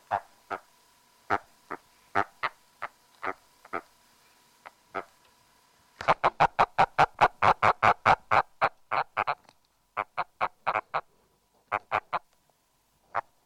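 Agile frog calling in knocking notes, spaced at first, then a fast run of many notes that slows and breaks into shorter bursts, with a faint steady hum behind.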